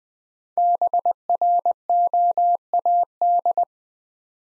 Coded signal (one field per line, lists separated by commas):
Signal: Morse code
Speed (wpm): 20 wpm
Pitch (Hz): 700 Hz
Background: none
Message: BROAD